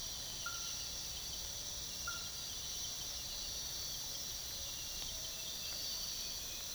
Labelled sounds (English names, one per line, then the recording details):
none
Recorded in pastures near Puerto Asís, Putumayo, Colombia, on 19 February 2024 at 05:30
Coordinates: 0.486, -76.323
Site G6462